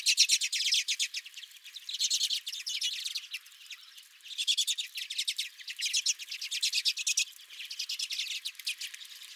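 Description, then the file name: Several redpolls keep up a steady stream of quick, dry chattering notes in short bursts, with brief quieter gaps. Several redpolls at the recordist's own feeder. "Redpolls at My Feeder"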